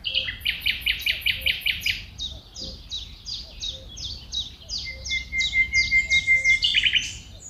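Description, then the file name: Common nightingale song: rapid series of sharp repeated chirps, then a long pure steady whistle followed by more quick notes, with a soft low rumble underneath. Engelermeer, Netherlands. "Nightingale Nl Engelermeer"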